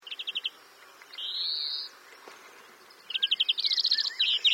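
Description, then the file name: European greenfinch singing: short rapid trills, then a long nasal wheezing note, then more fast twittering trills. "Chloris chloris"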